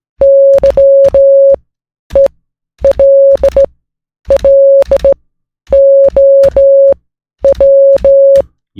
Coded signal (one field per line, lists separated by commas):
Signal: Morse code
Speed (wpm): 16 wpm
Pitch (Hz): 550 Hz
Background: none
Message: YELLOW